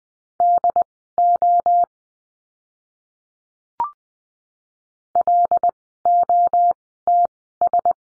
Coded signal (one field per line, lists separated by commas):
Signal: Morse code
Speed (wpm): 20 wpm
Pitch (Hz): 700 Hz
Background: none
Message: DO LOTS